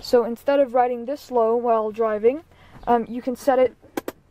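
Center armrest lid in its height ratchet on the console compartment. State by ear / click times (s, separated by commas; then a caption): seated / 4.0 s, 4.1 s. Someone talks as the center armrest lid of a Mercedes W140 300SD is raised on its height ratchet on the console compartment, so it doesn't ride low while driving. Two sharp ratchet clicks come at 4.0 s and 4.1 s as it locks into a raised position.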